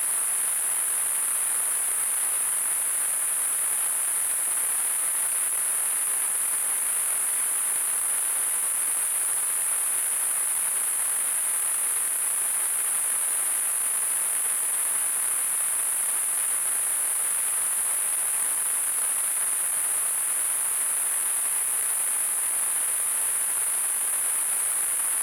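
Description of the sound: A simulated tinnitus sound.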